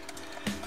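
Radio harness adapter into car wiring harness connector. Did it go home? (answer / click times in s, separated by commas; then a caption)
yes / 0.5 s. A car radio wiring harness adapter is plugged onto the factory harness's plastic connector, with a sharp, short click at 0.5 s as it seats in place. A smaller tick comes earlier at 0.1 s over a low background hum.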